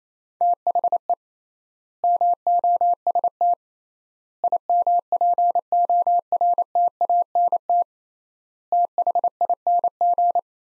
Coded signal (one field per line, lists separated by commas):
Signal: Morse code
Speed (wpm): 28 wpm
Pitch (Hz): 700 Hz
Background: none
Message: THE MOST IMPORTANT THING